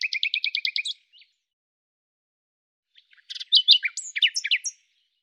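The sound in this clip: Bird singing a quick run of repeated high notes, then after a pause a varied, chattering phrase of whistled slurs.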